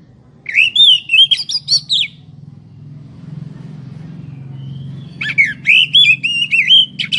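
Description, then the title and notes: Oriental magpie-robin singing loud varied whistles and slurred notes in two bursts separated by a quiet gap, with a steady low rumble of traffic underneath. Long-duration filler recording used to train magpie-robins to sing day and night. "Kacer Jadi Gacor Siang Malam. Isian Kacer"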